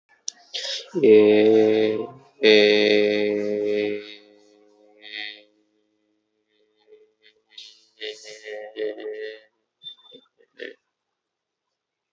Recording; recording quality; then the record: sustained vowel as in made; moderate, slight background noise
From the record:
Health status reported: healthy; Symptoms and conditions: none ticked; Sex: male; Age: 23 years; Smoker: not ticked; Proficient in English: yes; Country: India